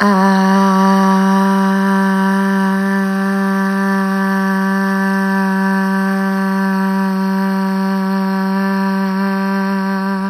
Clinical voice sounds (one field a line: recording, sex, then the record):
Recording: sustained vowel /a/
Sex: female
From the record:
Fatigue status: no fatigue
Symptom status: asymptomatic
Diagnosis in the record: COVID-19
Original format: m4a